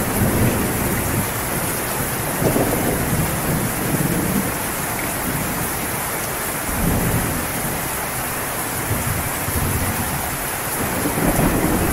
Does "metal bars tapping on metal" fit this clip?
no